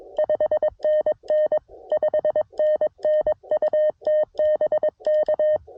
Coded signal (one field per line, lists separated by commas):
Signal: Morse code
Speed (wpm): 21 wpm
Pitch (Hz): 1850 Hz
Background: none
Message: 5NN 5NN UT BK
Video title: CW POTA With The CFT1 Transceiver